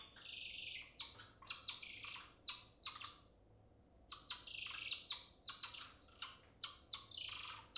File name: Digiffects Sound Effects Library - Golden Lion Tamarin Monkey